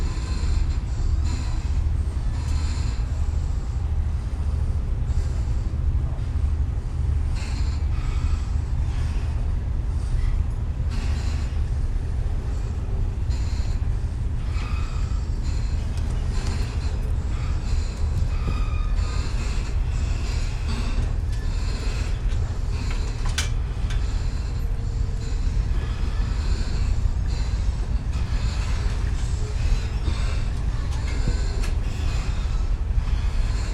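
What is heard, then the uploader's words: A ferry boarding point on Vallisaari, dominated by a steady, heavy low rumble of engines that holds level throughout. Over it come frequent brief clanks and knocks, with a few sharp bright ticks and faint higher tones drifting in and out. Boarding point for the ferry to Vallisaari. On the island of Vallisaari, at the nearest point to the fortress on Suomenlinna, boats of all kinds vie with enormous ferries arriving from, and departing for Estonia, Åland and Sweden through what is known as the Gibraltar of the North. Recorded by Julian Weaver.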